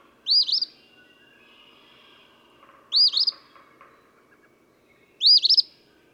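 Eastern phoebe song, a scratchy two-syllable phrase repeated three times about every two and a half seconds.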